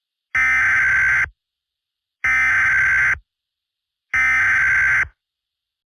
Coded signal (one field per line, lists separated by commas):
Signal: Emergency Alert System (SAME) tones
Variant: header bursts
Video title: EAS SCENARIO #1 - Acid Weather